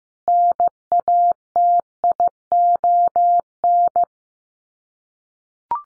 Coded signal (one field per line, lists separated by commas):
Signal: Morse code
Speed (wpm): 15 wpm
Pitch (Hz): 700 Hz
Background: none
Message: NATION